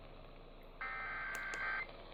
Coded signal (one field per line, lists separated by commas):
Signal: Emergency Alert System (SAME) tones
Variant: header bursts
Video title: Eas svr Eas#649- 650)